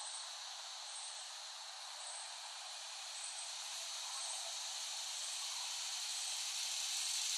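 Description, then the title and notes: Cicadas droning in a dense, level hiss that swells slightly louder toward the end, with faint high chirps recurring throughout. Cicadas, West Brighton, Staten Island, late summer 2008. "Dronecast. The Cicadas of Summer. Recording of cicadas made by Dan Bodah in West Brighton, Staten Island, late summer 2008"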